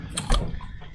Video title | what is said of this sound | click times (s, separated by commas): Not Even a Land Rover is Broken Every Week - Smart Roadster Repair | in here click click is always a good sign | 0.2 s, 0.3 s